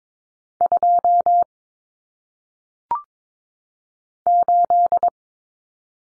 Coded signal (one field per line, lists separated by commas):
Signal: Morse code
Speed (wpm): 22 wpm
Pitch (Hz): 700 Hz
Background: none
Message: 2 8